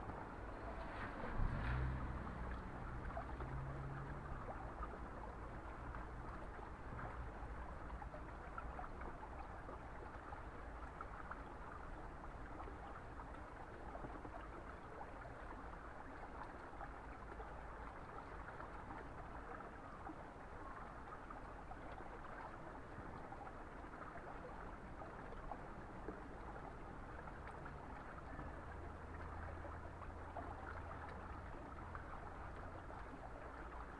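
Daikon radishes being washed in spring water: a steady, dense rush of flowing water fills the whole clip, mostly low and mid-pitched, with little change. A brief louder splash comes near the start, and a low rumble appears early and again around thirty seconds.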